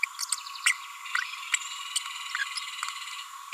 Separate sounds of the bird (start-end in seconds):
0.32-0.35, 0.66-0.72, 1.15-1.18, 1.54-1.56, 1.96-1.99